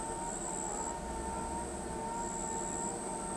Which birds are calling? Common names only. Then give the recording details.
none. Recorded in pastures near Pivijay, Magdalena, Colombia, on 14 April 2023 at 21:00. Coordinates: 10.456, -74.369. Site P6-G026